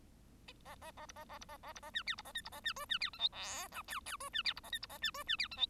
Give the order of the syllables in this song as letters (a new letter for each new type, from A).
A A A B A A B A A B A C D B A E B A C F C D G H I J K K F C D B A E B A C F C D G H